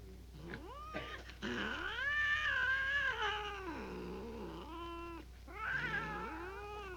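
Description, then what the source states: Cat giving a call, then a long, loud, wavering yowl followed by two shorter moaning calls, the pitch sliding up and down. Described as growling.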